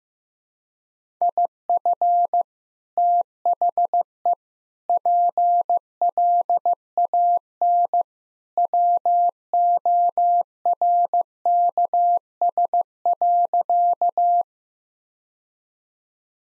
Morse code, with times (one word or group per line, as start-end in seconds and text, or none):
1.2-2.4 IF
3.0-4.3 THE
4.9-8.0 PLAN
8.6-14.4 WORKS.